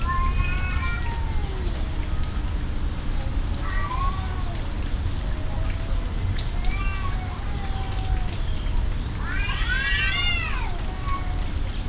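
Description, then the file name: Domestic cat yowling in a fight, drawn-out wavering wails that rise and fall, a louder burst of overlapping cries near the end, over steady heavy rain. Cat fighting outdoors during rain and thunder. "Kuba in a cat fight outside in the rain and thunder"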